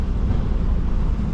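A truck backs under a trailer, bringing its fifth wheel coupling toward the trailer kingpin. A steady, low engine rumble with broadband noise holds at an even level throughout. Nothing has seated or clicked yet; the fifth wheel jaws have not latched onto the kingpin.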